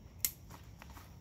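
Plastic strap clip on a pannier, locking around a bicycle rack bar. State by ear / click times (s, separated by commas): seated / 0.2 s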